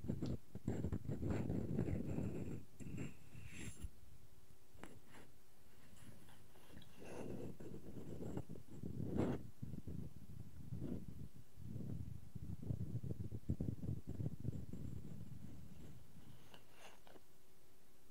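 Wooden objects tap and scratch in an uneven, busy stream, with dense low scraping and frequent sharp knocks, the clearest near 4, 9 and 16 seconds. Brief quiet gaps break up the rubbing, and a faint steady hum runs underneath.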